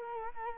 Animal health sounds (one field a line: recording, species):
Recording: mosquito wingbeat signal from an infrared sensor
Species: Culex quinquefasciatus